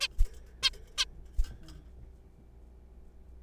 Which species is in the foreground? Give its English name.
Zebra Finch